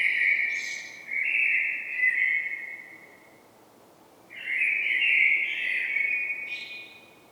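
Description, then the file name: Common blackbird giving two rich, fluting song phrases, the second ending in a higher, scratchy flourish, with a quiet gap between. "Turdus merula"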